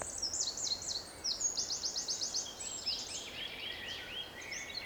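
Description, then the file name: Eurasian wren pouring out very high, fast trills of sharp repeated notes, one run after another with brief gaps. "Troglodytes troglodytes"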